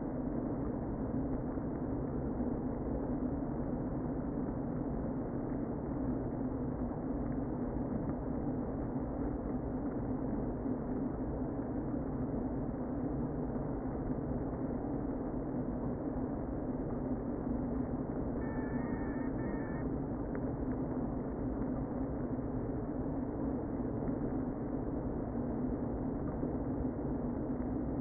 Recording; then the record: honeybee colony, microphone inside the hive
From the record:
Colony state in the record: queen present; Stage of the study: before two queens were removed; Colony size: about 60,000 bees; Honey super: yes